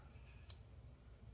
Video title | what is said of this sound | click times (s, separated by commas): Android Head Unit Hyundai Santa Fe Wiring Harness Tutorial | Till it clicks. And that's that one. | 0.5 s